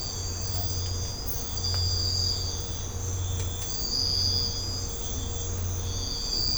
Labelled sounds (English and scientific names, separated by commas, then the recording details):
none
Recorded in secondary vegetation near Puerto Asís, Putumayo, Colombia, on 20 December 2024 at 05:30
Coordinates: 0.502, -76.326
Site G028